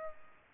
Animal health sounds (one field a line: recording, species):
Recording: mosquito wingbeat signal from an infrared sensor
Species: Culex pipiens